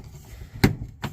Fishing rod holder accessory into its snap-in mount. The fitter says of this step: Locks in place,